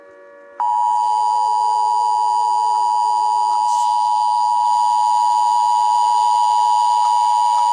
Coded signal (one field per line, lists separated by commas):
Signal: Emergency Alert System (SAME) tones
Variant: 853 and 960 Hz attention tone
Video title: The Davli Planet Final Part (EAS Scenario) Fanmade @SolarBalls And @overdrivejared